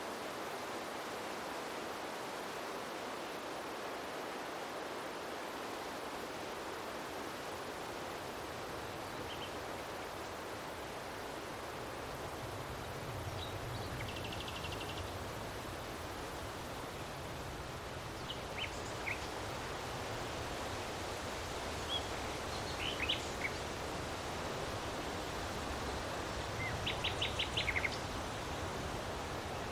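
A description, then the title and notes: A steady, dense rustle of tall grasses fills the whole stretch, a soft continuous hiss with a low rumble swelling in the middle. Brief faint chirps, likely birds or insects, appear now and then from about ten seconds, clustering near the end. A gentle breeze blowing through a vast open field. Listen as the rustling of tall grasses and the soft swaying of wildflowers create a peaceful symphony of sound.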